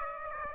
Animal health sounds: mosquito wingbeat signal from an infrared sensor; Aedes aegypti

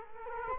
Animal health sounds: mosquito wingbeat signal from an infrared sensor; Culex quinquefasciatus

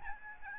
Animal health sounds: mosquito wingbeat signal from an infrared sensor; Aedes albopictus

